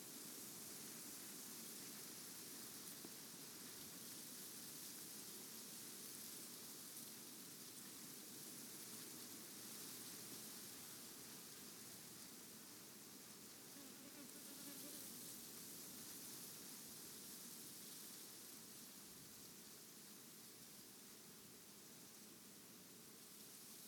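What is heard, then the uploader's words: Outdoors in a huge sunflower field, a steady, dense hiss fills the whole 24 seconds, with a fine, fast rustling texture in the lower middle like leaves stirring in wind. Level barely changes; around the 14–15 second mark a faint brief tone rises above the wash. You stopped near huge field of sunflowers in Eastern Ukraine. Sunflower Field in Ukraine.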